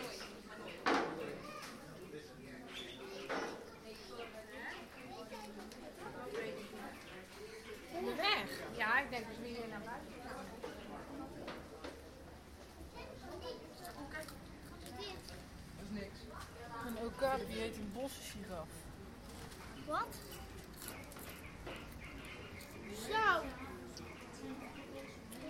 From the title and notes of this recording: A walk through the zoo Blijdorp, Rotterdam. It was way too crowded. It was too hot for the animals to do anything at all. Record the visitors around me while walking through the zoo.